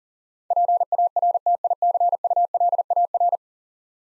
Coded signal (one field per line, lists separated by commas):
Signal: Morse code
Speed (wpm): 40 wpm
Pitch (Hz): 700 Hz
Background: none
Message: PARTICULAR